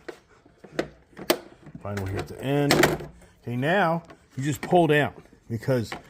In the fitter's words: And don't be too scared to hear it pop because you're just popping out.